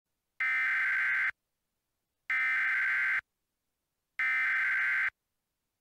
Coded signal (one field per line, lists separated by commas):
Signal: Emergency Alert System (SAME) tones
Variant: header bursts